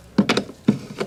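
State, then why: Not seated. Two plastic engine-bay cover pieces on a BMW N52/N52K engine (525i, 530i, 528i, 323i, 325i, 328i, 330i), handled during a spark plug and coil replacement, are lined up to be pushed together. Short plastic knocks and taps are heard around 0.2, 0.3, 0.4, 0.7 and 1.0 seconds. Nothing has clipped or seated yet.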